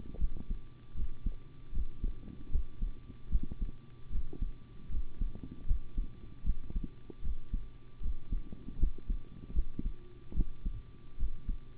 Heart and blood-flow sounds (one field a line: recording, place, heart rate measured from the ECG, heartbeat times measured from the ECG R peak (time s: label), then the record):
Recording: heart sounds by stethoscope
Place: between the tricuspid and mitral areas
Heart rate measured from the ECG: 76 bpm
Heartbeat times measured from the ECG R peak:
0.18 s: heartbeat
0.94 s: heartbeat
1.72 s: heartbeat
2.50 s: heartbeat
3.30 s: heartbeat
4.10 s: heartbeat
4.89 s: heartbeat
5.66 s: heartbeat
6.44 s: heartbeat
7.22 s: heartbeat
8.01 s: heartbeat
8.78 s: heartbeat
9.53 s: heartbeat
10.34 s: heartbeat
11.17 s: heartbeat
From the record:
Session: rest, sitting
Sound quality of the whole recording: good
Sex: male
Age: 25 years